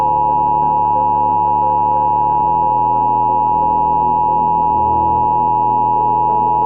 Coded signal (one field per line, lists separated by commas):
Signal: Emergency Alert System (SAME) tones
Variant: 853 and 960 Hz attention tone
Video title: Cyberattack EAS Scenario - Cryo Attack